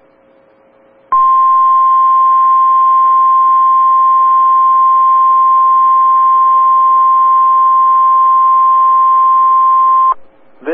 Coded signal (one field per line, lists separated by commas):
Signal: Emergency Alert System (SAME) tones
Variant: 1050 Hz attention tone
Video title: NOAA Weather Radio (WXL57 Des Moines) - High Wind Warning (EAS #203)